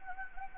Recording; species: mosquito wingbeat signal from an infrared sensor; Anopheles gambiae